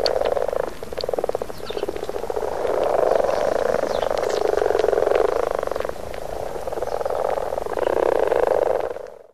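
Frog chorus of rapid, throbbing croaks rising and falling in waves, several callers overlapping without pause until the sound fades at the end.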